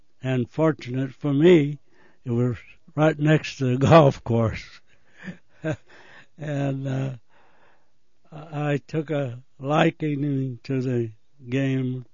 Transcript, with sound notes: and fortunate for me, it was right next to the golf course. [laughs] And I took a liking to the game.